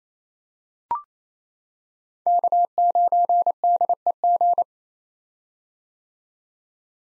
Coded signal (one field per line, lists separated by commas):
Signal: Morse code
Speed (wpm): 27 wpm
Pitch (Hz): 700 Hz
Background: none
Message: K9DEG